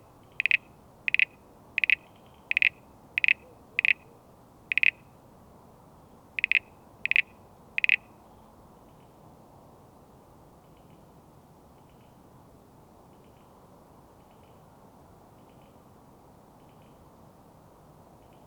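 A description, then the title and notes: Froth frogs call near a house, one frog giving short, sharp clicking notes roughly every half to one second for the first eight seconds, then falling silent. Fainter calls continue after that over a steady low rumble. A short clip of a bunch of Crinia signfiera and/or C. Recorded in Canberra in Spring 2020. A bunch of Crinia signfiera and/or C. parasignifera calling near our house.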